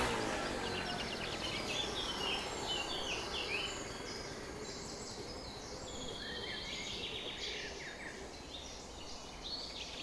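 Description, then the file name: Birds: dawn chorus of several birds, bright chirps and whistled notes overlapping, busier early then thinning slightly, with a continuous low rumble. Summer morning bird chorus at 4:40 am. "summer morning bird chorus-4 40 am in cobs"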